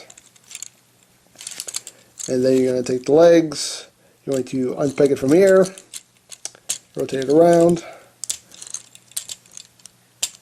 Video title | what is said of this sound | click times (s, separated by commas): SDCC Exclusive Fall of Cybertron ONSLAUGHT - BRUTICUS PART 5 | and that'll lock into place | 10.2 s